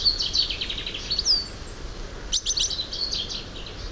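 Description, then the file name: European goldfinch calls, rapid twittering and tinkling notes high in pitch, in bursts at the start and again after two seconds, over a steady low background hiss. "Carduelis carduelis"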